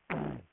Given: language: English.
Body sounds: throat vibration sensor signal played as sound; throat clearing

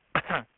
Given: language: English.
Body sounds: throat vibration sensor signal played as sound; cough

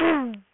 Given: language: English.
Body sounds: throat vibration sensor signal played as sound; throat clearing

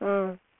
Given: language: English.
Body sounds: throat vibration sensor signal played as sound; speech

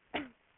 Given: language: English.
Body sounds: throat vibration sensor signal played as sound; cough

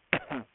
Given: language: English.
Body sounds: throat vibration sensor signal played as sound; cough

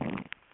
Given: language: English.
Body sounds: throat vibration sensor signal played as sound; swallow

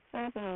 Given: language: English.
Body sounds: throat vibration sensor signal played as sound; speech

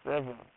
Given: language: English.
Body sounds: throat vibration sensor signal played as sound; speech

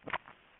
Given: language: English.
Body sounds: throat vibration sensor signal played as sound; swallow

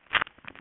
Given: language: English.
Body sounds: throat vibration sensor signal played as sound; swallow

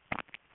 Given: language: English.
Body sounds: throat vibration sensor signal played as sound; swallow

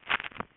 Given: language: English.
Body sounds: throat vibration sensor signal played as sound; swallow

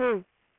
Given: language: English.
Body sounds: throat vibration sensor signal played as sound; speech

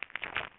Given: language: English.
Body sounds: throat vibration sensor signal played as sound; swallow

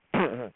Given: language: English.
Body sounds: throat vibration sensor signal played as sound; throat clearing

